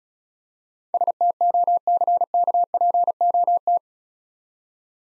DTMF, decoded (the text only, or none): none